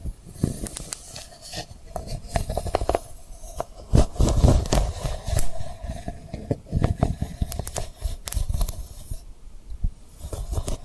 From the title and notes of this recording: ASMR Tapping & Rubbing Rhinestone Lip Triggers for Sleep (No Talking).